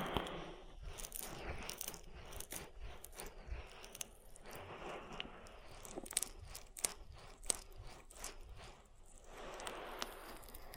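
Oil ear massage with a steady bed of soft, wet rubbing and squishing. Sharp clicks and crackles pop up irregularly throughout, a few every second, with louder snaps around 6 and 7.5 seconds. The rubbing swells near the end.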